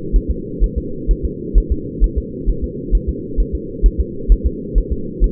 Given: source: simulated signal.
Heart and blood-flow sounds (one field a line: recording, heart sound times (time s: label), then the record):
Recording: fetal heart sounds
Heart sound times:
0.16 s: S1
0.31 s: S2
0.64 s: S1
0.78 s: S2
1.11 s: S1
1.25 s: S2
1.58 s: S1
1.72 s: S2
2.04 s: S1
2.18 s: S2
2.50 s: S1
2.64 s: S2
2.95 s: S1
3.09 s: S2
3.40 s: S1
3.55 s: S2
3.86 s: S1
4.00 s: S2
4.32 s: S1
4.46 s: S2
4.78 s: S1
4.93 s: S2
5.24 s: S1
From the record:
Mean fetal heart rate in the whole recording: 130 bpm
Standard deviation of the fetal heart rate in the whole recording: 2 bpm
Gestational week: 36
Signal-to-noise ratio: -4.3 dB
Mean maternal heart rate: 72 bpm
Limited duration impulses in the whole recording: absent